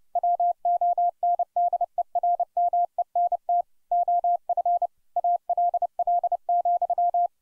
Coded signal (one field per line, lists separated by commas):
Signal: Morse code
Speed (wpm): 30 wpm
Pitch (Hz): 700 Hz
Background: none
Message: WONDERMENT OF ALL,